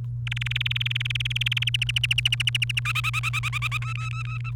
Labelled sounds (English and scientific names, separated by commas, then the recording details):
Domestic Canary (Serinus canaria) song
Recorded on 29 April 2018 at 17:45
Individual llb3